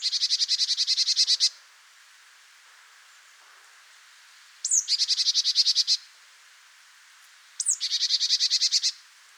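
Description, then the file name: Marsh tit calling three times, each a fast, harsh, buzzy rattle of repeated notes, the second and third starting with a quick high slurred note, with short pauses between bouts. "Poecile palustris"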